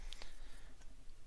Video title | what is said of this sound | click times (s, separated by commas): SITH TROOPER Black Series Unboxing & Review!!!! | there let's see there we go snaps right in and | 0.1 s